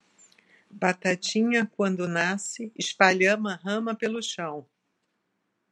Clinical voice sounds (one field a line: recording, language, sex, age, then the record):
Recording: short text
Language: Brazilian Portuguese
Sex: female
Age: 60 to 69 years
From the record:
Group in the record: control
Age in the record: 63 years